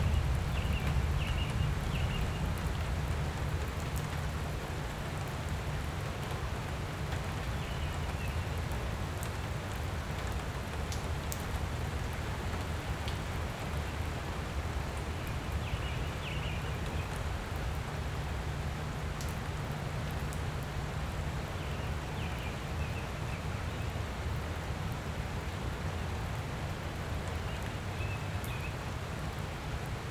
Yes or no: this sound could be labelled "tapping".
no